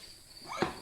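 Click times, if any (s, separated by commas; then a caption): 0.6 s. A torque converter, already filled, is slid onto the transmission input shaft of a WS6 Trans Am and rotated, giving a faint scraping rustle. A single sharp click lands at 0.6 s, the first of three expected clicks, so the converter is not yet fully home.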